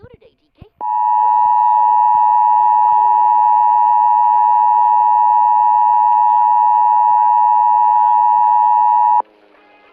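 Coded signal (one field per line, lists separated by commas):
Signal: Emergency Alert System (SAME) tones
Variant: 853 and 960 Hz attention tone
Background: speech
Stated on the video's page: Fictional zombie emergency alert scenario, not a real broadcast.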